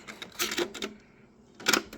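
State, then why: Seated. After the tape is checked for correct insertion, the play/transport key on deck 1 of a 1980s Panasonic tape deck is pressed again, with a few light clicks and handling sounds from 0.2 to 0.8 s. At 1.7 s and 1.7 s the mechanism gives a sharp double clack as the play key latches down into the transport and locks.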